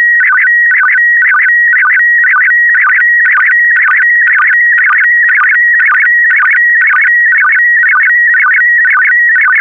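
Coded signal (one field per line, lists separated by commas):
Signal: SSTV (slow-scan television)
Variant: PD120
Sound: warbling tone hovering near 1.9 kHz, stepping up and down twice a second, with low dips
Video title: (08 of 12) ISS Expedition 66 - ARISS Series 19 Lunar Exploration - Retransmission SSTV PD120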